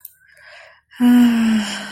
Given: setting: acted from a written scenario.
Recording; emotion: vocal sound without words; romantic love